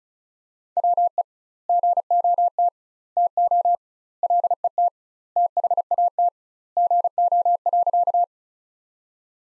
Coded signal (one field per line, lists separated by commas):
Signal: Morse code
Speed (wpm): 36 wpm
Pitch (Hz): 700 Hz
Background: none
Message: WE GOT TO LET THAT GO.